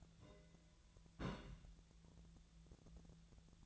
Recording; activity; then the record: daily activity, microphone in the room; place on stove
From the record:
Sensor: 3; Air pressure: 1009.9 hPa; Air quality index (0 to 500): 188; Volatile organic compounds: 14 ppm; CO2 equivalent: 2456 ppm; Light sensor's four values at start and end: 41/103/44/47 and 41/102/44/47